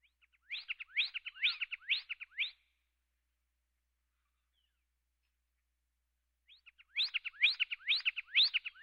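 Pyrrhuloxia song in two bouts of rapid, sharply slurred notes, each bout lasting about two seconds with a pause between, over a silent background.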